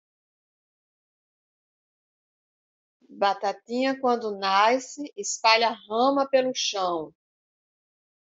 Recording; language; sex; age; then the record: short text; Brazilian Portuguese; female; 50 to 59 years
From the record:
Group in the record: control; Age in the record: 58 years